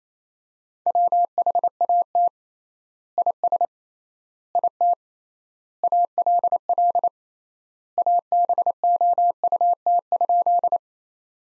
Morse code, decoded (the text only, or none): WHAT IS IT ALL ABOUT?